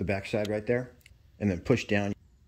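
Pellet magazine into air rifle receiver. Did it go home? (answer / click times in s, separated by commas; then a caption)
no / none. A plastic rotary pellet magazine is handled at the receiver slot of a GAMO Swarm 3i Magnum Pro gas piston air rifle, with its numbered tab tucked into the back of the slot before being pushed down. Someone talks throughout, with no distinct click. The magazine has not seated or snapped into place yet.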